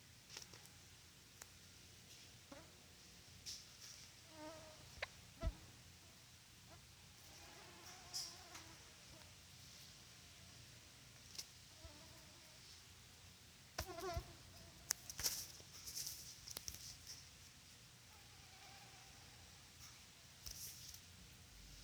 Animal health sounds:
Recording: mosquito flight sound by mobile phone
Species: Culex quinquefasciatus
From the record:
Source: SanMateoVCD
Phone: Sony Xperia

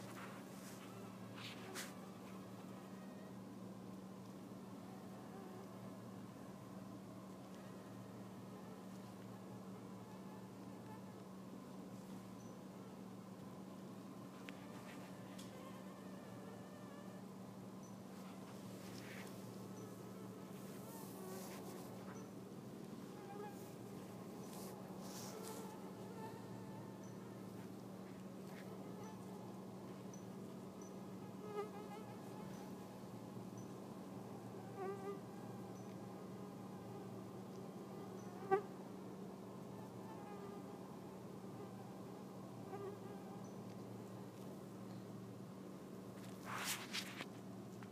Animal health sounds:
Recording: mosquito flight sound by mobile phone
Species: Anopheles freeborni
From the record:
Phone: iPhone 4S

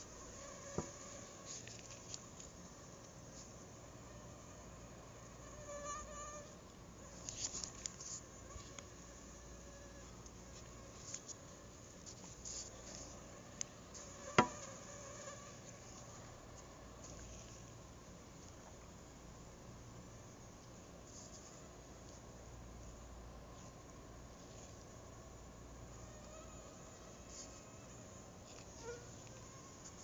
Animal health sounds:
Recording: mosquito flight sound by mobile phone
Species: Anopheles gambiae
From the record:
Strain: RSP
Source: CDC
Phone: Google Nexus

